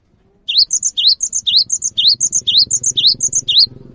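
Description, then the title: Cinereous tit song of rapid rising whistled notes, each followed by a pair of thin higher chips, repeated evenly, over a soft low rumbling background. Singing actively (gacor); its long chirping calls (wucit) stir other birds of its kind to start calling along. "GELATIK BATU GACOR WUCIT PANJANGNYA BIKIN GELATIK LAIN JADI TERPANCING UNTUK IKUT BUNYI"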